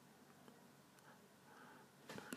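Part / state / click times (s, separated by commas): LEGO part locking into position on the brick-built transforming robot / seated / 2.3 s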